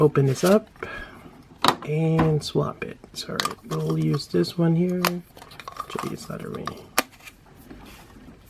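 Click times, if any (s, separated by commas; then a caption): 7.0 s. Someone talks while swapping parts on a PVC Nendoroid Meta Knight collectible figure, then pushes a swappable part into the figure's joint. A sharp click is heard at 7.0 s as the part locks into place.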